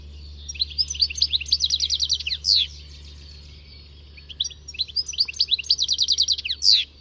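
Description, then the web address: Bird song, a rapid high buzzy trill of repeated notes ending in a sharp downslurred note, given twice about four seconds apart over a low steady hum. "Deverinetal. Bird Only"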